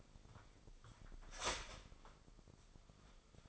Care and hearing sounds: daily activity, microphone in the room; start toaster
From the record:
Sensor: 5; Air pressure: 995.3 hPa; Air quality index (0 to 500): 107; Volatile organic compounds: 8 ppm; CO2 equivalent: 2070 ppm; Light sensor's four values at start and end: 35/83/34/34 and 35/83/34/34

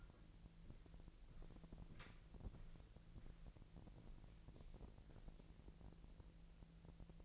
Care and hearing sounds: daily activity, microphone in the room; walk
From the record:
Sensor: 5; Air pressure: 1002.2 hPa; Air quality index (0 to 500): 238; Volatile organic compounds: 26 ppm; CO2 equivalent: 2859 ppm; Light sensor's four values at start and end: 31/74/31/33 and 31/74/31/33

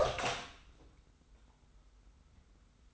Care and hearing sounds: daily activity, microphone in the room; open door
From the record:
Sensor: 3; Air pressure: 990.4 hPa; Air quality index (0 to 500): 168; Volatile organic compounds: 1000 ppm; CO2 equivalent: 5432 ppm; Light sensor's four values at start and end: 47/110/45/42 and 46/110/45/42

